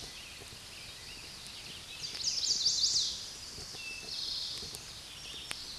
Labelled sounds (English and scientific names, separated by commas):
Eastern Towhee (Pipilo erythrophthalmus) song